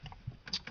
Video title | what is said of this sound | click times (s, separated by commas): How to remove a car stereo | but the stereo will just push back in you can hear it snap locks into place | 0.5 s